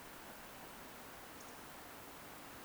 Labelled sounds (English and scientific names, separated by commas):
Eurasian Woodcock (Scolopax rusticola) whistle